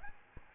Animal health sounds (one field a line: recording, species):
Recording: mosquito wingbeat signal from an infrared sensor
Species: Aedes albopictus